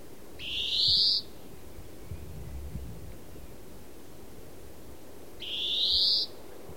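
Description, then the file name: European greenfinch with a rising, buzzy drawn-out wheeze, heard twice about five seconds apart, over a continuous low rumble. "Chloris chloris"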